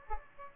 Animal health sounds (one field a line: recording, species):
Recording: mosquito wingbeat signal from an infrared sensor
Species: Aedes aegypti